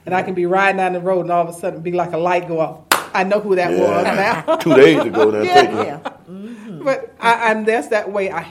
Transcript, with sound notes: and I can be ridin’ down the road and all of a sudden, be like a light go off, (clap) I know who that was now!
(laughter) Yeah, two days ago...
But I’m just that way: